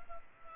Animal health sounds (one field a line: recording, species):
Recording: mosquito wingbeat signal from an infrared sensor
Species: Culex quinquefasciatus